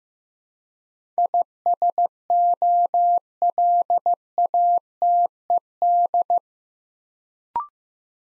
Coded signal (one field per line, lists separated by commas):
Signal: Morse code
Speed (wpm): 15 wpm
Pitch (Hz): 700 Hz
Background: none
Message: ISOLATED